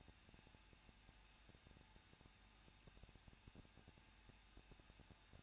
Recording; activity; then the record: daily activity, microphone in the room; no activity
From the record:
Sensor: 2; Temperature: 21.0 degrees Celsius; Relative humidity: 37.5%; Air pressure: 1006.3 hPa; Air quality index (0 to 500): 223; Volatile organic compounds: 25 ppm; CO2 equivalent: 2828 ppm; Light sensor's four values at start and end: 2/3/2/2 and 2/3/2/2